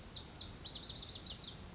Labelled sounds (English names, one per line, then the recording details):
Lazuli Bunting
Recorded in Sonoma County, California